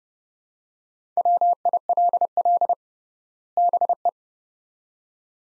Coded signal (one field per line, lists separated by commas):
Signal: Morse code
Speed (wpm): 32 wpm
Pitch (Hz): 700 Hz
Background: none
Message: WILL BE